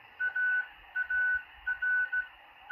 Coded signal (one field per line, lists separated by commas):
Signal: Morse code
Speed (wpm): 15 wpm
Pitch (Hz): 1490 Hz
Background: none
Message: AAR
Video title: 20M CW DECODE ON MALACHITE DSP SDR RECEIVER 5-13-2021